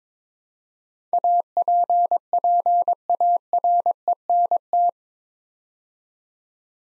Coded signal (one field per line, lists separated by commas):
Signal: Morse code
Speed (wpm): 22 wpm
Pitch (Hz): 700 Hz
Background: none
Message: APPARENT